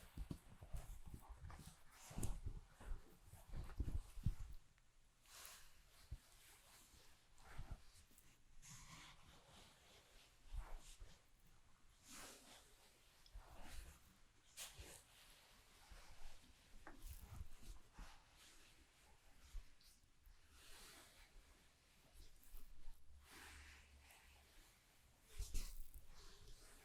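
A haircut and grooming session: short, bright bursts of rustling and scrubbing come irregularly, every second or so, with quieter breathy gaps between. Low thumping handling noise crowds the first few seconds, and a louder scrub rises near the end.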